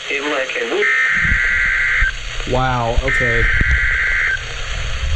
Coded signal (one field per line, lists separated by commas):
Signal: Emergency Alert System (SAME) tones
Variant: header bursts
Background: speech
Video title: 20 SVRs... 20 Alerts... | EAS Alerts from 7/24/20 to 7/25/20 | EAS #112-128